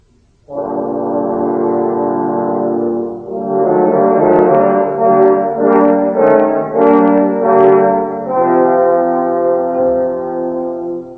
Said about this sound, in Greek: Τρία κόρνα παίζουν τον γκρίζο Λύκο.